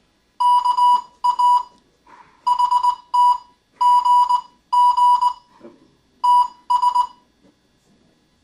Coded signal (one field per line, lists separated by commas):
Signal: Morse code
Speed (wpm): 19 wpm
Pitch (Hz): 980 Hz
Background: none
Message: KA HT GG TS